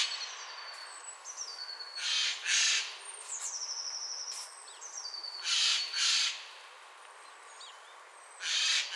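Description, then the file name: Eurasian jay: harsh screeches, mostly in pairs, with thin whistled notes over a hissing background. "Garrulus glandarius"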